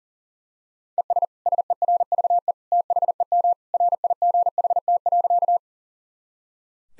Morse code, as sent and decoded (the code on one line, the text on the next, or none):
. ... / ... . .-. ...- . / - .... . -- / .-. .. --. .... - .-.-.-
ES SERVE THEM RIGHT.